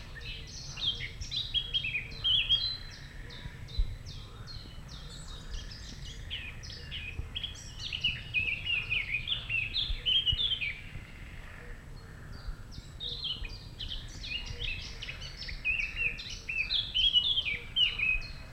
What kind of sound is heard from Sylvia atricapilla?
song